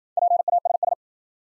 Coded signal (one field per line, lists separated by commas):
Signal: Morse code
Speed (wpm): 54 wpm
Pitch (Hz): 700 Hz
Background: none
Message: PASS